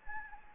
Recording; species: mosquito wingbeat signal from an infrared sensor; Anopheles gambiae